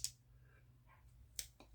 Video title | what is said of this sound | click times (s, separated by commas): KNIPEX TRAVELING KNIFE, KNIPEX 16 29 50 SB FOLDING KNIFE FOR ELECTRICIANS, WORK, TRADES KNIFE, | snaps open has pretty decent backs spring pressure | 1.4 s